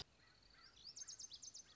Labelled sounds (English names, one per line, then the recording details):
Lazuli Bunting
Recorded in Sonoma County, California